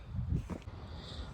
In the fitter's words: Once this is popped into place, we can use an Allen wrench here to